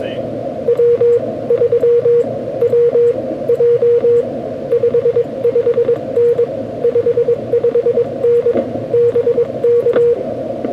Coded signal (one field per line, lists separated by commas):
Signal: Morse code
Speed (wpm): 22 wpm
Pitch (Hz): 480 Hz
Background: speech, radio noise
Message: W3WJ 55N 55N BK